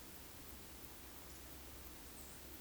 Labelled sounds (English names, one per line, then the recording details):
Eurasian Woodcock whistle
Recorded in Baden-Württemberg, Germany, on 13 June 2021 at 20:14 UTC
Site 23718, 552 m above sea level